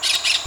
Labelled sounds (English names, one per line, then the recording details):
Brown-throated Parakeet contact call
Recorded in Venezuela
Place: Maracay, UCV-Agronomy campus
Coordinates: 10.278, -67.607